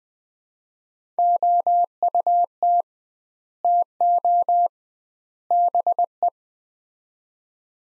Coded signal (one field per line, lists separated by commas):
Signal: Morse code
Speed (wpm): 20 wpm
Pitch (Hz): 700 Hz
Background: none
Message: OUT TO BE